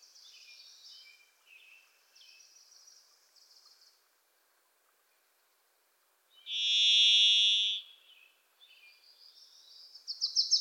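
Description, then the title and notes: Varied thrush singing a single drawn-out, even, vibrating whistle with a burry tone, while another bird's thin high trills and chips come before and after it. Pacific Northwest forest; a Wilson's Warbler sings alongside; unmastered recording. "The Varied Thrush, Ixoreus naevius, is a wisp in the forests of the Pacific Northwest."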